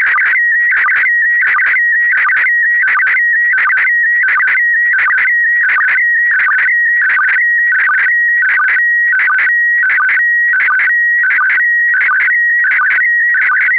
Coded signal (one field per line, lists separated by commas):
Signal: SSTV (slow-scan television)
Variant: PD 90